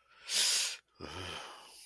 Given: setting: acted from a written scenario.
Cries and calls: vocal sound without words; desire

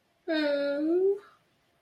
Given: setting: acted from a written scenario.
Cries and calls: vocal sound without words; sadness

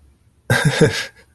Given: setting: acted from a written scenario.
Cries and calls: vocal sound without words; amusement

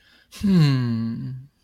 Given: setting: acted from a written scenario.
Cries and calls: vocal sound without words; disappointment

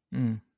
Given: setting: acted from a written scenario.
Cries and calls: vocal sound without words; neutral

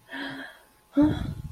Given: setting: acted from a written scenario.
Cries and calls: vocal sound without words; distress

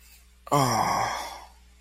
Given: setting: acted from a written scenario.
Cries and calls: vocal sound without words; sympathy

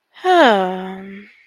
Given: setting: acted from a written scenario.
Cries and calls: vocal sound without words; desire

